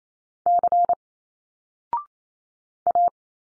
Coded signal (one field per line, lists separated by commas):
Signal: Morse code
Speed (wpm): 28 wpm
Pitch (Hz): 700 Hz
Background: none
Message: C A